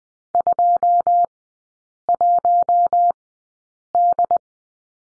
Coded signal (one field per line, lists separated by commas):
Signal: Morse code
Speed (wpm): 20 wpm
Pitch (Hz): 700 Hz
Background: none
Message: 21D